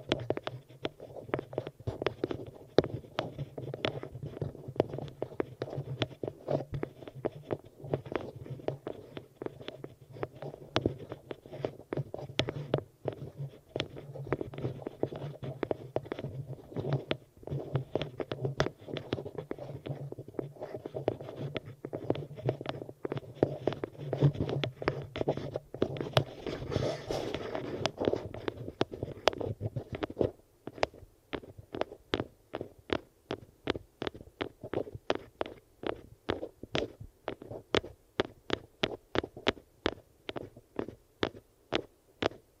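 Dense, continuous rubbing and crackling over the ear with a low rumble, thinning after thirty seconds into sharp, regular clicking taps.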